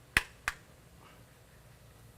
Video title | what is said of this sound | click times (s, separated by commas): GROHE Cut Volume Control Spindles on Rapido SmartBox Installation Video. | cutout, and these will snap | 0.2 s, 0.5 s